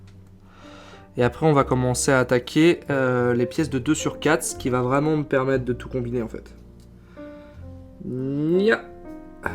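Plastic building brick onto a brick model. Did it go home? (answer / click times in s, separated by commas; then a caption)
yes / 9.5 s. A compatible plastic building brick is pressed onto a brick model, and it seats with a loud sharp click at 9.5 seconds and fits together well. Before that, someone talks over background music.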